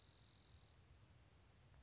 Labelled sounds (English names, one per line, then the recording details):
Spotted Towhee
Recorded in Sonoma County, California